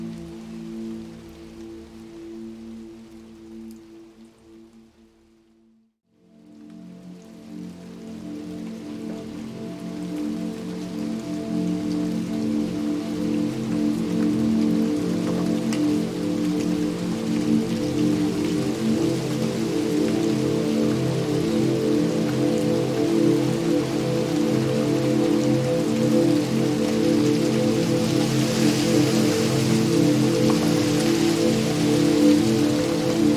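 Rain patters densely against a window over a steady low rumble. Around five seconds the sound fades almost to silence, then swells back over several seconds and holds at a fuller, louder, unchanging downpour through the end.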